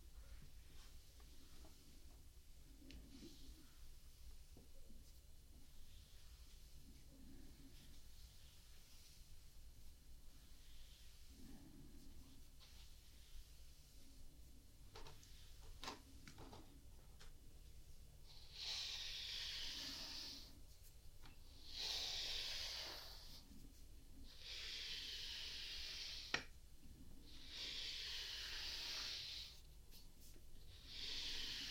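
Someone brushes their cat, Lenny. The first half is quiet, with soft low bumps and a few light clicks over a low steady hum. From about eighteen seconds, bright scratchy brush strokes repeat every second or two, with one sharp click near twenty-six seconds.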